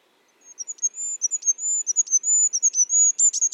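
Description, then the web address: Bird song: one continuous high, thin warbled phrase of rapid slurred notes, rising in intensity toward the end. "cianscape. Deverinetal 2025. Bird Only"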